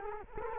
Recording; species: mosquito wingbeat signal from an infrared sensor; Culex quinquefasciatus